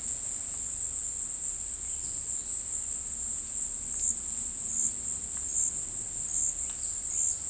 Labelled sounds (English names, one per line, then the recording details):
Striolated Manakin
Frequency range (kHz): Striolated Manakin 2.0-5.9 kHz
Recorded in dense forest near Puerto Asís, Putumayo, Colombia, on 21 February 2024 at 15:00
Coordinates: 0.484, -76.317
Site G6464